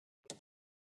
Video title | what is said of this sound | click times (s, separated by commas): LED Light Upgrades for the cheap | just snaps into place | 0.3 s